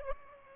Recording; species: mosquito wingbeat signal from an infrared sensor; Aedes albopictus